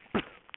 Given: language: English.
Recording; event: throat vibration sensor signal played as sound; cough